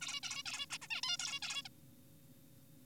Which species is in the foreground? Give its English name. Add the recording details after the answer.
Zebra Finch. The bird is an adult. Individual g4p5U